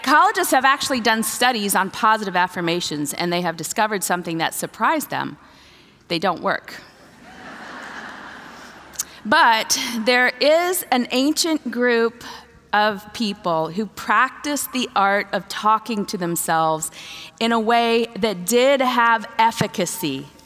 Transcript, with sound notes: Psychologists have actually done studies on positive affirmations, and they have discovered something that surprised them: they don’t work. (laughter) There is an ancient group of people who practiced the art of talking to themselves in a way that did have efficacy: